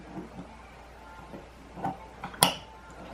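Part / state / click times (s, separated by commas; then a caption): metal clamp onto glass jar lid and rim / partly seated / 2.4 s. A metal clamp is pushed onto the glass lid and rim of a glass canning jar, with a soft tap just before a sharp metallic snap at 2.4 s. This first snap means the clamp is only partly on, not clipped all the way until a second snap.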